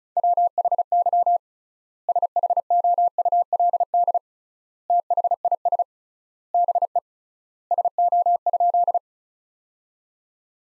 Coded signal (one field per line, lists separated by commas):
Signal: Morse code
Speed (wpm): 36 wpm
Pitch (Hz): 700 Hz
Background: none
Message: WHY SHOULD THIS BE SO?